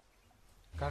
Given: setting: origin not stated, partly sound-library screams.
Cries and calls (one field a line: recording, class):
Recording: one-second piece from a danger detection set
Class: normal situation